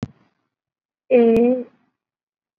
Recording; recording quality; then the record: sustained vowel as in made; excellent, no background noise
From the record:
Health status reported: COVID-19 positive, moderate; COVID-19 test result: positive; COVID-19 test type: RT-PCR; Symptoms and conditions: cough, fever, fatigue, muscle pain, another condition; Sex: female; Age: 35 years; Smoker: no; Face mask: worn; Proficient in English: yes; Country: India